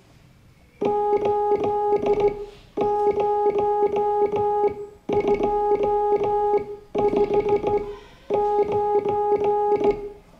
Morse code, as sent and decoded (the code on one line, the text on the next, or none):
---.. ----- ..--- ..... ----.
80259